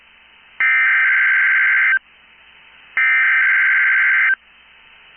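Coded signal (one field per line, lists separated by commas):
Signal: Emergency Alert System (SAME) tones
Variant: header bursts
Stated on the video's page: Tornado Watch from the Storm Prediction Center, received on NOAA Weather Radio station KEC80.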